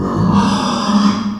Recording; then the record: squeal of a Yucatan mini pig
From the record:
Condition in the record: after surgery on the right vocal fold (resection and tissue-engineered implant); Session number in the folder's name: 16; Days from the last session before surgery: 183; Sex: female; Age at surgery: 19 weeks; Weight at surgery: 25 kg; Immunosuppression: prednisolone